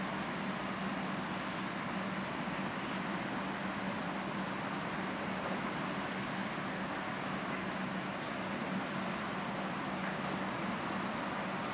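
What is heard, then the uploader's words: City ambience from a rooftop: a steady, dense wash of traffic fills the whole stretch without pause. A low engine-like drone hums underneath, and a few faint, brief bright ticks surface near the middle and around ten seconds. Ext. NYC Rooftop Loft, Semi - Active.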